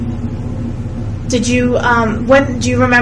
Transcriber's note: none